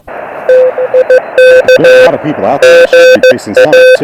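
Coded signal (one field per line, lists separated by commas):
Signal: Morse code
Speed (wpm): 15 wpm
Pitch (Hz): 510 Hz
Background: speech, radio noise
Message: TIK GA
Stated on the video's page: SOTA summit activation with an Elecraft KX1 on internal battery and a 20-meter delta loop antenna.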